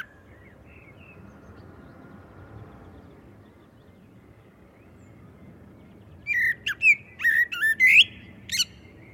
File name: Turdus merula